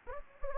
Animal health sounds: mosquito wingbeat signal from an infrared sensor; Anopheles gambiae

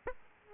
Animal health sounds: mosquito wingbeat signal from an infrared sensor; Aedes aegypti

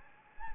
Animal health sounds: mosquito wingbeat signal from an infrared sensor; Anopheles gambiae

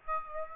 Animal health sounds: mosquito wingbeat signal from an infrared sensor; Aedes aegypti

